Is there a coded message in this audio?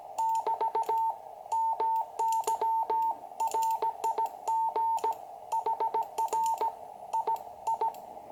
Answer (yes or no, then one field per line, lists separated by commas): yes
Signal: Morse code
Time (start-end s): 0.2-7.9 s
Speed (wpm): 17 wpm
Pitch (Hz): 900 Hz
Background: none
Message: <BT> MY RIG HR I I